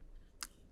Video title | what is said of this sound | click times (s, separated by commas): Zaxcom VRX1 | it's going to give you you can even hear that little snap it's magnetic like most of our uh | 0.4 s